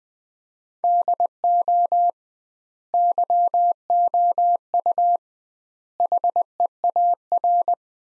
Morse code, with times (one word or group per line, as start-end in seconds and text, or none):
0.8-2.1 DO
2.9-5.2 YOU
6.0-7.7 HEAR